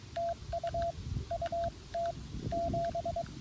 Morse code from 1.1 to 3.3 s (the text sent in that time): UT 7